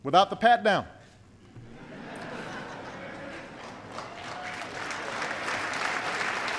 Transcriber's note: laughter and applause